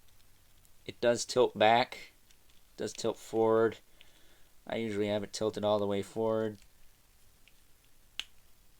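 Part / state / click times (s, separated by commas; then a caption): action figure torso joint in the figure's abdomen / seated / 8.2 s. Someone talks while tilting the plastic torso of a McFarlane Toys DC Multiverse The Demon (Etrigan) action figure back and forth. The torso is then pushed all the way forward, and the ratcheted ab joint in the abdomen gives a sharp click at 8.2 s as it seats into place.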